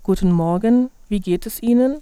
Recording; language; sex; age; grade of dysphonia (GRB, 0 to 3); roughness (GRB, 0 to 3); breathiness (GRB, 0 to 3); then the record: spoken sentence; German; female; 30 to 39 years; 0; 0; 0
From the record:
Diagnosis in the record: healthy voice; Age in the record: 31 years